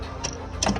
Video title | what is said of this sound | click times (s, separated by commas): Reverse gear for ￼ handicap vehicle ￼ and the￼ wait is over, tap to watch❤️ | lock, அவ்வளோதான். | 0.6 s